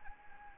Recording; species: mosquito wingbeat signal from an infrared sensor; Anopheles arabiensis